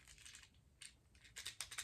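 A plastic exo-suit armor piece is pressed onto a transforming action figure, with bursts of crinkly plastic rubbing and scraping and a sharp click at 1.6 s. The piece is meant to snap into place, but only one end clicks in and the other end will not seat.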